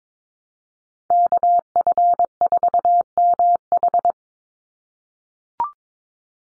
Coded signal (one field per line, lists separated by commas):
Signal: Morse code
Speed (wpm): 22 wpm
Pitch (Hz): 700 Hz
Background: none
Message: KF4MH